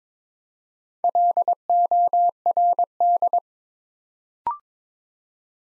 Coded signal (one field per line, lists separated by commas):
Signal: Morse code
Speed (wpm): 22 wpm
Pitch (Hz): 700 Hz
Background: none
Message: LORD